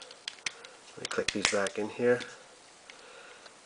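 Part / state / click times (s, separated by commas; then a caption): plastic wing detaching from a transforming robot toy's body / released / 0.3 s, 0.5 s. A plastic wing on a Universe Classics 2.0 Cyclonus transforming robot toy is pushed off its mount on the toy's body and detaches. Sharp click snaps sound at 0.3 and 0.5 s, releasing the wing. Someone then talks.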